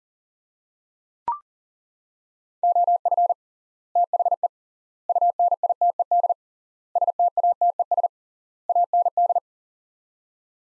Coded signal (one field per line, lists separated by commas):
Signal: Morse code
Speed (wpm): 40 wpm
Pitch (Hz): 700 Hz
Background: none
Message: OF THE UNITED STATES AND